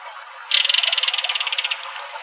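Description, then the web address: Belted kingfisher giving a dry, mechanical rattle of rapid clicking notes lasting just over a second, with faint background hiss. Recorded in Arizona. "Kingfishers AZFO BEKI deviche"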